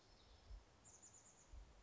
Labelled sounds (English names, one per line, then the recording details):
Chestnut-backed Chickadee
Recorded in Sonoma County, California